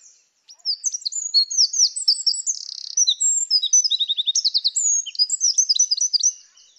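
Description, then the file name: Eurasian wren song: a loud, rapid, high outpouring of sharp notes and fast rattling trills, running unbroken for about six seconds. "Troglodytes troglodytes"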